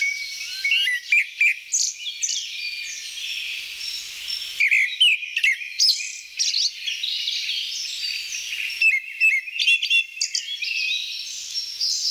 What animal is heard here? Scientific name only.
Turdus hortulorum